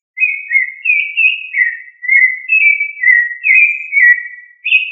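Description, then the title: Thrush song: a steady run of clear whistled phrases, each short and slightly different, rising and falling between notes with brief pauses in between. "Familia Turdidae - Sabia"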